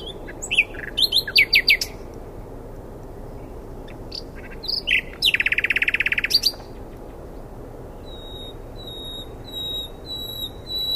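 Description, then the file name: Common nightingale song: varied sharp notes and a dry buzzing rattle, followed by a series of long, thin, high whistles repeated steadily. "Luscinia megarhynchos"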